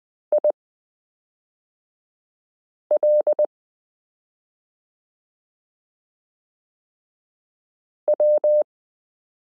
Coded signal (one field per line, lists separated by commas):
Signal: Morse code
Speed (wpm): 20 wpm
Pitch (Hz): 600 Hz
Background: none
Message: IL W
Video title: Morse Code Listening Lesson 15 - s u a p t l o w i (.)period n j e